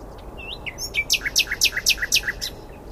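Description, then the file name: Common nightingale song phrase: soft rising notes lead into a quick, regular series of several loud chopping notes. "Luscinia megarhynchos"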